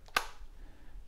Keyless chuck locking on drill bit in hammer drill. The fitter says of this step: when you go to tighten it, it'll actually like lock into place. You can kind of hear it.